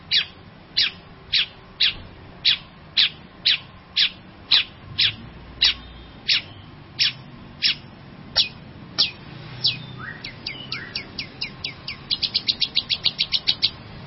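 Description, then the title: Long-tailed shrike song of sharp, high clipped notes spaced about every half second, speeding into a rapid stuttering trill near the end. Champion singing bird. "Kicau Burung Cendet Juara"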